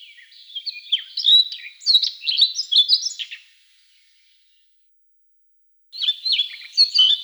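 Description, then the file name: Siberian rubythroat singing a fast, scratchy, high-pitched warble of mixed notes for over three seconds, then silence, then another lively burst of song. "solovey krasnosheyka golos"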